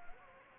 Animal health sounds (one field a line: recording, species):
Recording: mosquito wingbeat signal from an infrared sensor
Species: Anopheles gambiae